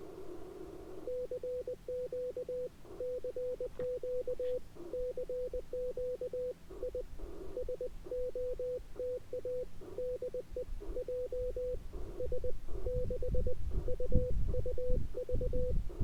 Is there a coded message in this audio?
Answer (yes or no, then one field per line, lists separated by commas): yes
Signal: Morse code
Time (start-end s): 1.1-15.7 s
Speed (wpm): 20 wpm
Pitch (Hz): 500 Hz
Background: none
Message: CQ CQ CQ I SOTA DE JS6UUV